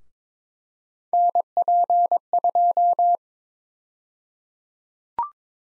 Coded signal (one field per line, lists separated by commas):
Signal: Morse code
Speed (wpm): 22 wpm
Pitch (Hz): 700 Hz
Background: none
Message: NP2